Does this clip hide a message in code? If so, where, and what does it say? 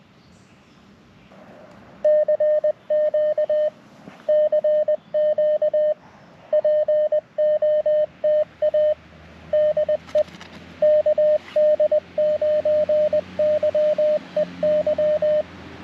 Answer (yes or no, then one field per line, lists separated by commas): yes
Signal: Morse code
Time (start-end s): 2.0-15.4 s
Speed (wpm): 20 wpm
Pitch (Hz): 610 Hz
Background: radio noise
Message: CQ CQ POTA DE KD9YEY